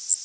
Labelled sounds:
Worm-eating Warbler (Helmitheros vermivorum) flight call

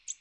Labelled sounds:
American Redstart (Setophaga ruticilla) flight call

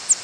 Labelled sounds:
Northern Parula (Setophaga americana) flight call

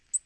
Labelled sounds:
Black-throated Green Warbler (Setophaga virens) flight call

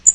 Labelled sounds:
Blackpoll Warbler (Setophaga striata) flight call

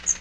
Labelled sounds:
Magnolia Warbler (Setophaga magnolia) flight call

